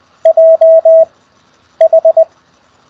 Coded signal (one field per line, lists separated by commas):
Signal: Morse code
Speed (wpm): 20 wpm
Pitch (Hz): 660 Hz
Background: none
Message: JH